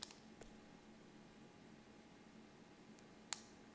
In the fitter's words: that click now you know it's in the right position I'll screw it down all all the way and